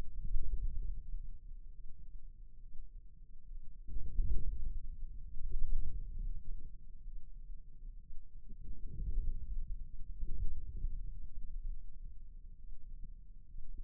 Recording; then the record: forearm muscle sounds (acoustic myography)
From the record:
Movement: inward rotation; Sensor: system 2, bracelet of six BSWA MPA416 microphones around the upper forearm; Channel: 6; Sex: male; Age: 22 years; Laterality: right